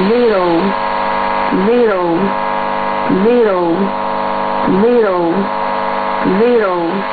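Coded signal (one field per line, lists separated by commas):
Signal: numbers station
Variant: E17z, English female voice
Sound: female voice reading five single numbers, evenly spaced about 1.5 seconds apart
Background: steady radio hum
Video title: 17 01 2019 E17z English Lady numbers station in English to Eu 0810 on 9820 unknown tx site CUSB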